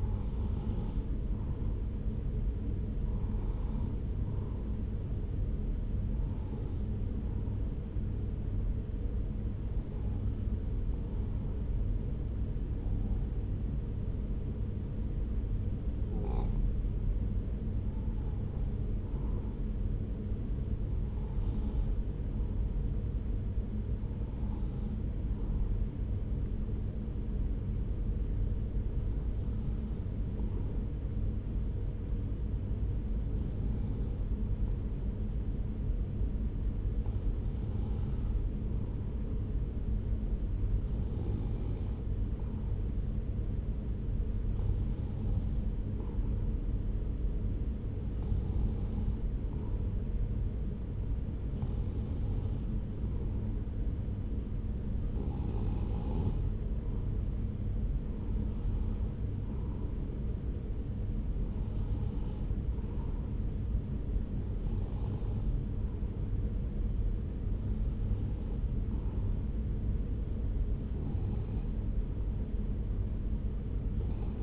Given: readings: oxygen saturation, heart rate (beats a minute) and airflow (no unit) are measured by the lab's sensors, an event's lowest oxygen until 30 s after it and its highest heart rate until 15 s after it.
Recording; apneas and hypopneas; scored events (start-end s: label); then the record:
breathing in sleep by a smartphone at the bedside; 1
14.00-42.10 s: hypopnea (N1, oxygen 96% highest, then 93% lowest)
69.00-74.42 s: new sleep stage, N2 (light sleep)
From the record:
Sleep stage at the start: N1 (lightest sleep); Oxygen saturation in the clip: 93 to 96%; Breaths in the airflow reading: 22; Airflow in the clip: -2.4 to 2.2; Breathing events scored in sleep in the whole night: 335 in 6.7 hours asleep